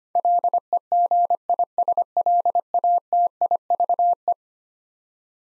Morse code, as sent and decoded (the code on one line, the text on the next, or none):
.-.. . --. .. ... .-.. .- - .. ...- .
LEGISLATIVE